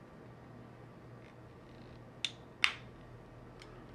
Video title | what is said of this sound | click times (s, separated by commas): Short instructional video on how to use our film cassette opener | and then you slide it down until it clicks | 2.6 s